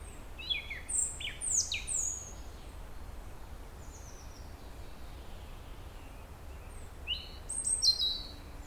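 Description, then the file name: European robin song: a cascade of high sliding whistles and trills at the start, a pause, then another bright, piercing phrase late. "Erithacus rubecula"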